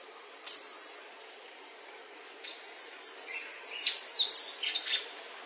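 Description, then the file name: Golden-chevroned tanager giving high, thin song phrases of down-slurred whistles, a brief opening phrase then a longer string after a short pause. "canto do sanhaco de encontro amarelo"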